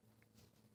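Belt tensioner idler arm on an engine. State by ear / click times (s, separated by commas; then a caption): not seated / none. A wrench is worked on the hydraulic belt tensioner idler arm of a BMW E38 750iL engine during alternator removal, turning it clockwise so it cams over and locks, taking tension off the belt. A steady low hum runs throughout, with a brief faint tone near 0.2 s and a soft broadband hiss around 0.4 s. The arm has not yet locked or clicked into place by the end of the clip.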